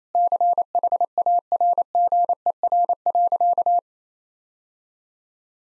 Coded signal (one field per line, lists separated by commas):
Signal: Morse code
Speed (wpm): 28 wpm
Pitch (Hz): 700 Hz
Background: none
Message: CHARGER.